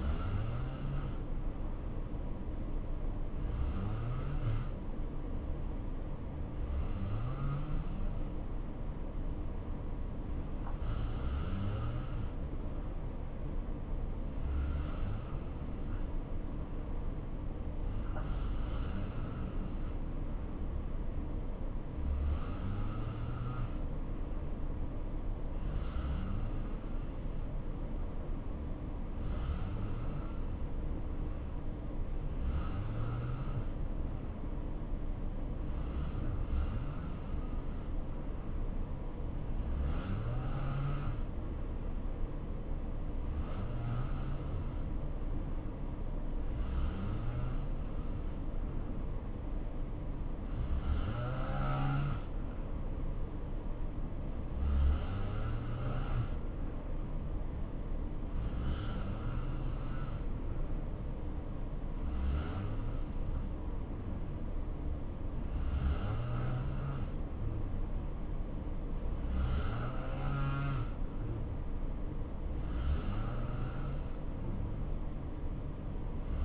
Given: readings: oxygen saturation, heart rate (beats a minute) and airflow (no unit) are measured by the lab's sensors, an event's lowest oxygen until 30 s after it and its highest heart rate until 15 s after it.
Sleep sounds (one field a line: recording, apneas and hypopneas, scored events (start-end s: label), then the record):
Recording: breathing in sleep by a smartphone at the bedside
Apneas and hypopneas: 1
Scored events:
6.00-69.60 s: hypopnea (N2, oxygen 90% highest, then 87% lowest, heart rate 65 at the start, 70 highest)
From the record:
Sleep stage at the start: N2 (light sleep)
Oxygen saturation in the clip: 86 to 90%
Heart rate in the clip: 61 to 70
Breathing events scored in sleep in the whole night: 277 in 7.4 hours asleep